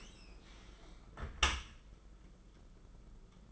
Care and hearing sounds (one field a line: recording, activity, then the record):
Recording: daily activity, microphone in the room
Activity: close dishwasher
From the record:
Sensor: 5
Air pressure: 991.5 hPa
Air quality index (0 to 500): 111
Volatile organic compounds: 28 ppm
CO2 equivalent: 2911 ppm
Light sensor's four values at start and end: 39/124/47/50 and 38/122/46/49